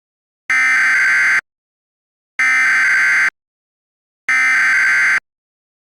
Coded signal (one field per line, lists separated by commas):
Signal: Emergency Alert System (SAME) tones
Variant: header bursts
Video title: EAS Scenario 3: Sarah's Rampage